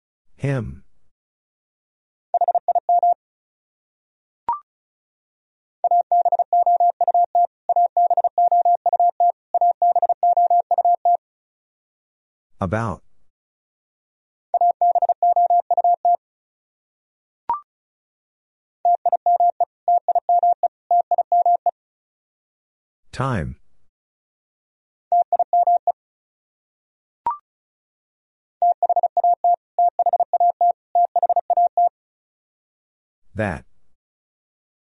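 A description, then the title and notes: A steady mid-pitched tone keys on and off in dots and dashes, spelling the same word in Morse code three times. Each pass is set off by a sharp click at its start, with a short blip in the middle, and silence between the bursts. Top 100 Words Repeated 35wpm. First, the word is sent three times in Morse code.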